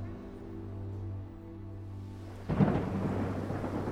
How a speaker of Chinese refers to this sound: 天上下着大雨